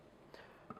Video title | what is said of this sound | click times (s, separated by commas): LapVision laparoscopy surgical simulator by MedVision | and the connector only goes one way and it has to click into place | 0.7 s